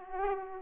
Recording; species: mosquito wingbeat signal from an infrared sensor; Aedes aegypti